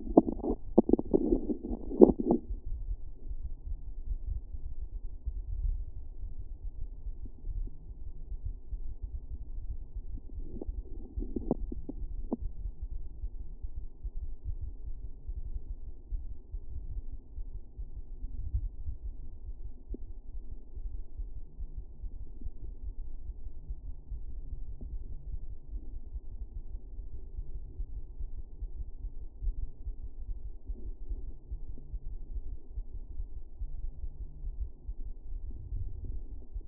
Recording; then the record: fetal heart sounds by stethoscope on the mother's abdomen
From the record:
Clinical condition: for safety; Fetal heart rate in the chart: 140 bpm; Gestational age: 40 weeks